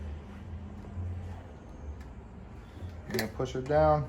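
A replacement fuel cap assembly is set onto the tank filler of a Harley Sportster motorcycle and is about to be pushed down, over a low steady hum while someone talks. Nothing has seated or clicked yet when the clip ends.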